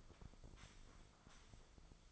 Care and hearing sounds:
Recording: daily activity, microphone in the room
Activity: sweep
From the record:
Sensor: 5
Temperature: 24.6 degrees Celsius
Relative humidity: 32.2%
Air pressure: 996.1 hPa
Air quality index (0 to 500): 100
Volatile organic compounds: 6 ppm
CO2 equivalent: 1921 ppm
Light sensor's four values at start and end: 39/94/38/40 and 39/95/38/40

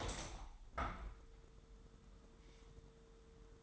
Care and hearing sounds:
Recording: daily activity, microphone in the room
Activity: open window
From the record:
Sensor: 3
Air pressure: 999.8 hPa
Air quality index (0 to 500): 220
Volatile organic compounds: 82 ppm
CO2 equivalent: 3626 ppm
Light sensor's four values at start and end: 9/22/9/9 and 10/23/9/9

